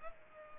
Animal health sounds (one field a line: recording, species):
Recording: mosquito wingbeat signal from an infrared sensor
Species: Culex pipiens